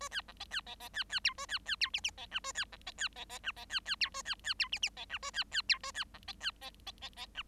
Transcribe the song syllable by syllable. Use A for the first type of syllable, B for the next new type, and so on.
A B C D B D D B B E A B B E F F D G A B C D B D D G D B B E A B B E F F D G A B B E A B C D B D D D D G